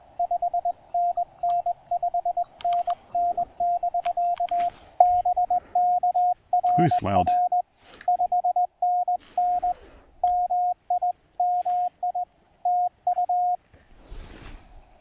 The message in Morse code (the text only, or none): 5NN 5NN <BK> BK RR 5NN MI MI TU